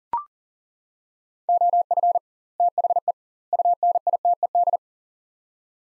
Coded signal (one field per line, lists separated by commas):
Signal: Morse code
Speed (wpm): 40 wpm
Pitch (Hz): 700 Hz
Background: none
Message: OF THE UNITED